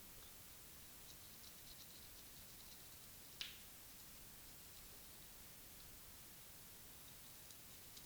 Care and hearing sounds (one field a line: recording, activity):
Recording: daily activity, guitar pickup as the sensor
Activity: brush teeth